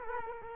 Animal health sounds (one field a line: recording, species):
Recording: mosquito wingbeat signal from an infrared sensor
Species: Culex quinquefasciatus